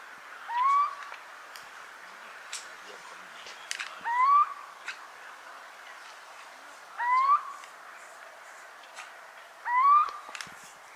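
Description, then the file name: Little owl giving four rising, whistled notes at roughly three-second intervals, with scattered clicks between them. "kuvik hangja"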